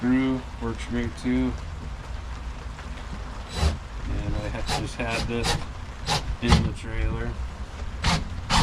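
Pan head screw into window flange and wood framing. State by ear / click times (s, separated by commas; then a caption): stripped / 8.1 s. A pan head screw is driven through a vinyl window's nailing flange into wood framing while someone talks. The driving sounds like rubbing and rasping wood, with one sharp hit at 8.1 seconds. The screw strips out.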